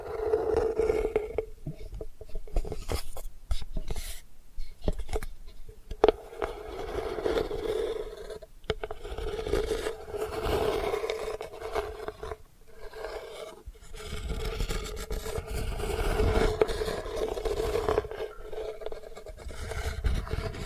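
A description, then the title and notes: Delicate scratching goes on almost without pause, a dry, papery rasp made of quick irregular strokes with brief gaps near 4, 8.5 and 12.5 seconds. A steady low hum sits underneath throughout. ASMR Delicate Scratching for Sleep (No Talking).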